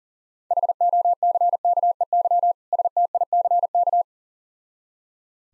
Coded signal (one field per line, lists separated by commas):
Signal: Morse code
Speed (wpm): 37 wpm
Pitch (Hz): 700 Hz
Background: none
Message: HOCKEY STICK